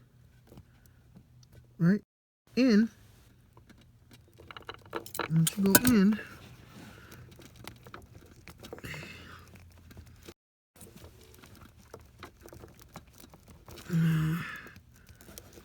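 A wiring pin terminal is worked into an ECU plug housing during a dual-point to multipoint conversion, with small plastic taps and ticks of handling while someone talks. Nothing has seated or clicked yet.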